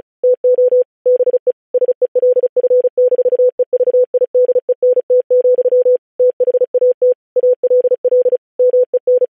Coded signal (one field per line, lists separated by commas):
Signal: Morse code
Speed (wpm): 36 wpm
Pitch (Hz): 500 Hz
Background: none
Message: TO BE SELF-EVIDENT, THAT ALL MEN